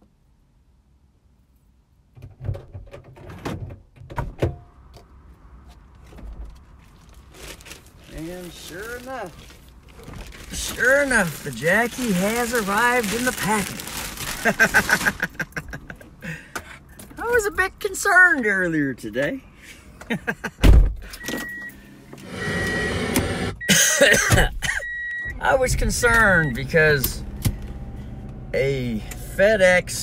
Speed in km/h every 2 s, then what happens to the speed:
1, 1, 1, 1, 1, 1, 1, 1, 1, 1, 1, 1, 1, 1, 0.
0-30 standing.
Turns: none.